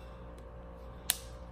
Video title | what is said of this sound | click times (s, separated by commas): UNRELEASED GHOST 2 PRO IPHONE X/XS BY NIMBUS9 FULL DETAIL REVIEW | put it on like that you hear that snap and you're good to go voila | 1.1 s